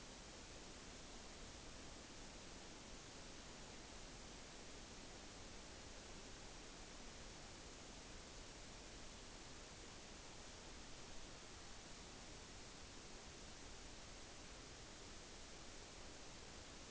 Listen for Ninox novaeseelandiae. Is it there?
no